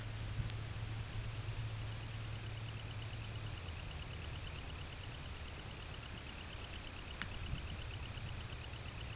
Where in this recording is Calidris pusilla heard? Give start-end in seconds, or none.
0.39-9.15